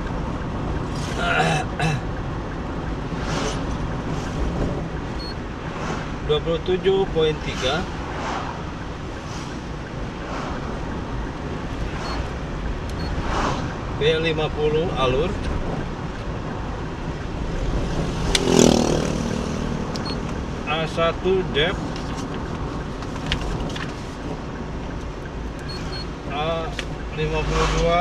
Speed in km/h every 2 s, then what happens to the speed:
52, 52, 52, 52, 52, 52, 53, 53, 53, 53, 53, 54, 54, 54.
0-28 steady at about 53.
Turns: none.